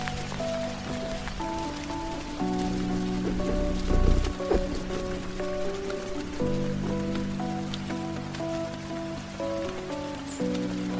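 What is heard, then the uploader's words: Rain patters steadily with scattered sharp drop ticks, while a sustained low chord-like hum runs underneath and shifts pitch around 2.5, 6.5 and 10 seconds. A brief heavier low rumble swells near the 4-second mark, then fades. Rain.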